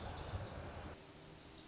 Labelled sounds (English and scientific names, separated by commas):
Lazuli Bunting (Passerina amoena)